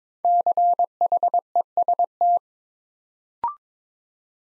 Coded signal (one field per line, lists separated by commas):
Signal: Morse code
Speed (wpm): 22 wpm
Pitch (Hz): 700 Hz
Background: none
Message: CHEST